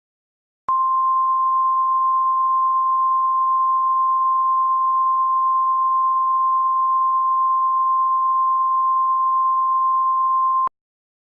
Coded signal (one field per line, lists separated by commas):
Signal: Emergency Alert System (SAME) tones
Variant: 1050 Hz attention tone